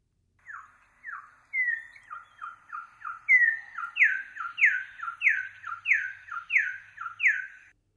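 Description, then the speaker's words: Venezuelan troupial song: loud downslurred whistled notes in paired phrases, repeated steadily and growing stronger over about seven seconds, with no other clear sounds. Male song recorded in Puerto Rico; males sang more during the breeding season, possibly to attract mates and protect the female. "You have studied the troupials in Puerto Rico. Let's first listen to the male song."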